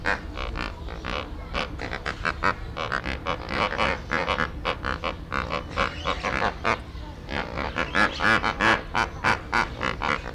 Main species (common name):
Lesser Flamingo